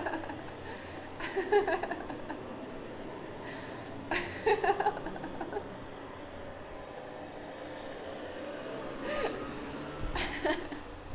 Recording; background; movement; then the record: laughter; traffic; sitting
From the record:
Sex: female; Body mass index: 18.3 kg/m2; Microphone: on the chest, facing outward